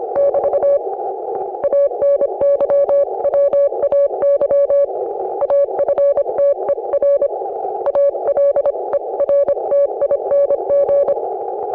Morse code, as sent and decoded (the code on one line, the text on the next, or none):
-...- / .- -. -.-- .-- .- -.-- / .- ..-. - . .-. / .- .-.. . .-. - .. -. --.
<BT> ANYWAY AFTER ALERTING